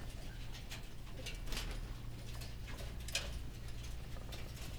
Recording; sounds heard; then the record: poultry house recording; sick chickens (respiratory disease)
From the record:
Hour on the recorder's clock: 15